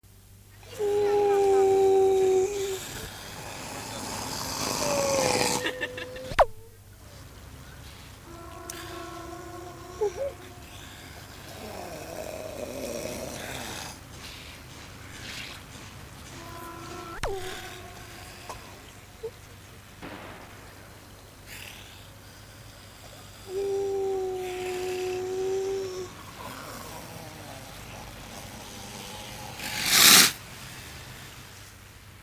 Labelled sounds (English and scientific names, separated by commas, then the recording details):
Grey Seal (Halichoerus grypus)
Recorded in captivity
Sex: pair
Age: adult
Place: Zoo Rostock, Mecklenburg-Vorpommern, DE
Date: 1984-02-04 16:28
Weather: overcast, 3-6°C
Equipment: Nagra SN, Kopie Uher 4000 Report Monitor
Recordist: Tembrock, Günter